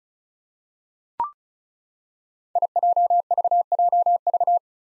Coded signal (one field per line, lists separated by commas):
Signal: Morse code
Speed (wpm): 36 wpm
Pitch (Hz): 700 Hz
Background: none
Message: IJVJV